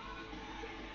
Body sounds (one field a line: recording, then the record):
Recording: background sound without coughing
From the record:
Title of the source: BackgroundMusic